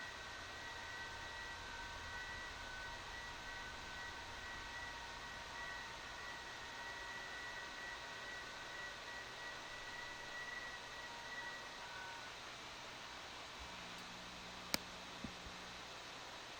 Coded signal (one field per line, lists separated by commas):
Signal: FT8